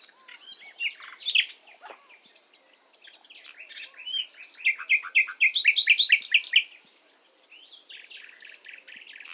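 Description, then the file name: Common nightingale singing varied phrases, with scratchy notes and whistles building into a fast run of loud repeated pulses around the middle, then fading into softer twittering. "Luscinia megarhynchos"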